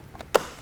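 A lumbar support adjustment handle is pushed back into the plastic side trim of a Ford Super Duty truck seat. After two faint ticks, a single sharp click sounds at 0.4 s, and the handle is seated.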